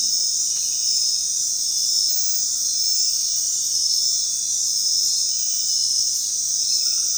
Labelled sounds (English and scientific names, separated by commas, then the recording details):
none
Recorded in dense forest near Puerto Asís, Putumayo, Colombia, on 21 February 2024 at 22:00
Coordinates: 0.499, -76.324
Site G6469